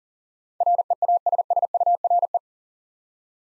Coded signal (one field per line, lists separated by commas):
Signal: Morse code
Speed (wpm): 40 wpm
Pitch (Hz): 700 Hz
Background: none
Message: REASSURE